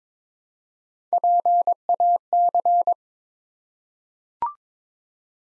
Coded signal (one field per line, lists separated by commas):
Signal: Morse code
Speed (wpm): 22 wpm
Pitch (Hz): 700 Hz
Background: none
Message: PAC